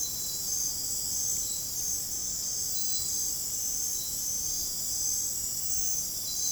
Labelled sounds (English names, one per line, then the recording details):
none
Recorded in dense forest near Puerto Asís, Putumayo, Colombia, on 29 June 2025 at 22:30
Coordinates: 0.503, -76.323
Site G059